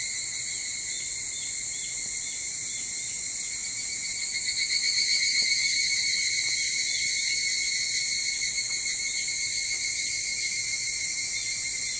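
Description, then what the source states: Evening cicadas in a continuous high whirring chorus, swelling midway then settling to a steady ringing. Recorded 22 July 2023 at 04:40.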